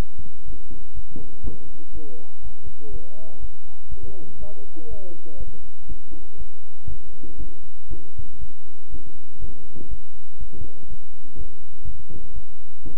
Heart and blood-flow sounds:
heart sounds by stethoscope; between the tricuspid and mitral areas; 121 bpm
0.46 s: heartbeat
0.95 s: heartbeat
1.43 s: heartbeat
1.93 s: heartbeat
2.43 s: heartbeat
2.91 s: heartbeat
3.40 s: heartbeat
3.90 s: heartbeat
4.39 s: heartbeat
4.89 s: heartbeat
5.38 s: heartbeat
5.88 s: heartbeat
6.38 s: heartbeat
6.88 s: heartbeat
7.38 s: heartbeat
7.89 s: heartbeat
8.39 s: heartbeat
8.90 s: heartbeat
9.40 s: heartbeat
9.89 s: heartbeat
10.39 s: heartbeat
10.88 s: heartbeat
11.37 s: heartbeat
11.85 s: heartbeat
12.34 s: heartbeat
12.83 s: heartbeat
From the record:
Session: bicycle stress test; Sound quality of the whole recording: good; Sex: male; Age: 23 years

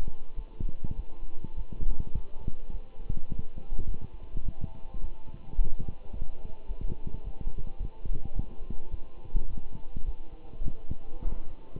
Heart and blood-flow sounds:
heart sounds by stethoscope; between the tricuspid and mitral areas; 105 bpm
0.36 s: heartbeat
0.96 s: heartbeat
1.56 s: heartbeat
2.14 s: heartbeat
2.72 s: heartbeat
3.30 s: heartbeat
3.87 s: heartbeat
4.44 s: heartbeat
5.01 s: heartbeat
5.57 s: heartbeat
6.12 s: heartbeat
6.68 s: heartbeat
7.24 s: heartbeat
7.79 s: heartbeat
8.35 s: heartbeat
8.91 s: heartbeat
9.49 s: heartbeat
10.06 s: heartbeat
10.63 s: heartbeat
11.24 s: heartbeat
From the record:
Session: walking at 3.7 km/h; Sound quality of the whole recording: good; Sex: male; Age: 24 years

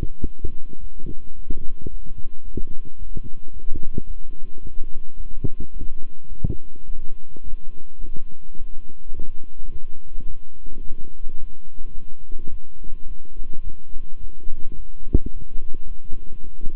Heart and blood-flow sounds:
heart sounds by stethoscope; between the tricuspid and mitral areas; 107 bpm
0.23 s: heartbeat
0.79 s: heartbeat
1.35 s: heartbeat
1.89 s: heartbeat
2.44 s: heartbeat
2.98 s: heartbeat
3.52 s: heartbeat
4.06 s: heartbeat
4.61 s: heartbeat
5.16 s: heartbeat
5.72 s: heartbeat
6.28 s: heartbeat
6.86 s: heartbeat
7.43 s: heartbeat
8.00 s: heartbeat
8.57 s: heartbeat
9.14 s: heartbeat
9.71 s: heartbeat
10.27 s: heartbeat
10.83 s: heartbeat
11.39 s: heartbeat
11.94 s: heartbeat
12.49 s: heartbeat
13.06 s: heartbeat
13.63 s: heartbeat
14.19 s: heartbeat
14.75 s: heartbeat
15.32 s: heartbeat
15.87 s: heartbeat
16.43 s: heartbeat
From the record:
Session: walking at 3.7 km/h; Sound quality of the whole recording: good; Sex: male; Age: 26 years

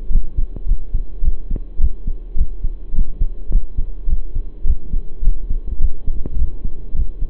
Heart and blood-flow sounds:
heart sounds by stethoscope; between the tricuspid and mitral areas; 105 bpm
0.10 s: heartbeat
0.66 s: heartbeat
1.23 s: heartbeat
1.79 s: heartbeat
2.36 s: heartbeat
2.93 s: heartbeat
3.50 s: heartbeat
4.08 s: heartbeat
4.65 s: heartbeat
5.22 s: heartbeat
5.79 s: heartbeat
6.37 s: heartbeat
6.94 s: heartbeat
From the record:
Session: pedaling a stationary bicycle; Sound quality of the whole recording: saturated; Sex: male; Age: 23 years

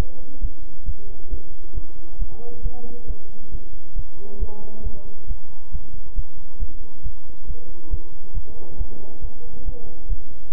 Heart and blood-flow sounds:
heart sounds by stethoscope; between the tricuspid and mitral areas; 136 bpm
0.40 s: heartbeat
0.84 s: heartbeat
1.29 s: heartbeat
1.73 s: heartbeat
2.17 s: heartbeat
2.62 s: heartbeat
3.06 s: heartbeat
3.50 s: heartbeat
3.94 s: heartbeat
4.38 s: heartbeat
4.82 s: heartbeat
5.26 s: heartbeat
5.70 s: heartbeat
6.14 s: heartbeat
6.58 s: heartbeat
7.02 s: heartbeat
7.45 s: heartbeat
7.89 s: heartbeat
8.33 s: heartbeat
8.76 s: heartbeat
9.20 s: heartbeat
9.64 s: heartbeat
10.08 s: heartbeat
10.51 s: heartbeat
From the record:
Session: bicycle stress test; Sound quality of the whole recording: good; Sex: male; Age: 26 years

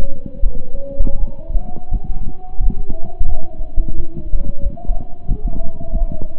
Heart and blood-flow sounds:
heart sounds by stethoscope; between the tricuspid and mitral areas; 87 bpm
0.40 s: heartbeat
1.16 s: heartbeat
1.89 s: heartbeat
2.57 s: heartbeat
3.25 s: heartbeat
3.93 s: heartbeat
4.60 s: heartbeat
5.26 s: heartbeat
5.89 s: heartbeat
From the record:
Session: slow and fast walking with breaks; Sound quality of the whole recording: saturated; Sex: male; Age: 25 years

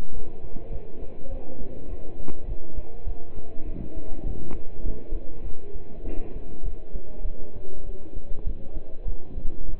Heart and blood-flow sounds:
heart sounds by stethoscope; between the tricuspid and mitral areas; 100 bpm
0.13 s: heartbeat
0.72 s: heartbeat
1.31 s: heartbeat
1.90 s: heartbeat
2.48 s: heartbeat
3.07 s: heartbeat
3.66 s: heartbeat
4.26 s: heartbeat
4.85 s: heartbeat
5.45 s: heartbeat
6.05 s: heartbeat
6.65 s: heartbeat
7.25 s: heartbeat
7.86 s: heartbeat
8.46 s: heartbeat
9.07 s: heartbeat
9.69 s: heartbeat
From the record:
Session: pedaling a stationary bicycle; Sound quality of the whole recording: partially saturated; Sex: male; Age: 27 years

